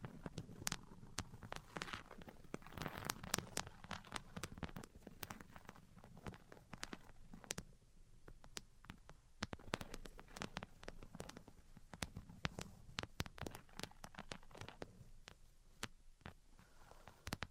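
Tapping and scratching sounds fill the clip, with sharp clicks and taps arriving irregularly but often, several per second, throughout. Between the taps runs a soft, low scraping or rubbing texture, while the taps themselves sound crisp and bright.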